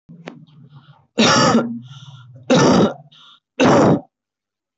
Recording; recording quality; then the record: heavy voluntary cough; excellent, no background noise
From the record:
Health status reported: healthy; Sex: male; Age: 19 years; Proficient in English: yes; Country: India